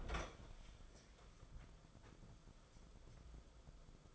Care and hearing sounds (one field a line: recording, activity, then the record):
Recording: daily activity, microphone in the room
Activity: open fridge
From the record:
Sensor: 5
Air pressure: 994.5 hPa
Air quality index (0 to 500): 190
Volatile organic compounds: 1000 ppm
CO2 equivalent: 5578 ppm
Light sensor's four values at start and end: 46/140/54/60 and 46/139/54/60